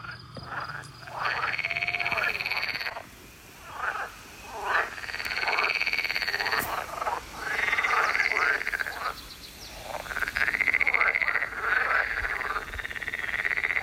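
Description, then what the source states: Frogs croaking in a chorus, with pulsed, rattling bursts that swell and fade over several seconds and overlap one another, and only short lulls between. Frogs recorded at Lauwersoog, Netherlands; sound sent in by listeners.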